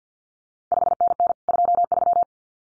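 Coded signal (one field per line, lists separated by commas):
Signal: Morse code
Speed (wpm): 50 wpm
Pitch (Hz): 700 Hz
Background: none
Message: 5NN 23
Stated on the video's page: Randomly selected CQ World Wide contest exchanges sent at 50 wpm for head-copy practice, each sent in Morse, then spoken, then sent again.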